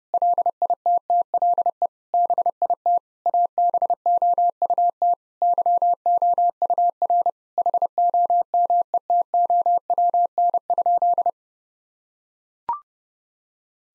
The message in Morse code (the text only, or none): LITTLE BIT ABOUT YOUR HOMETOWN?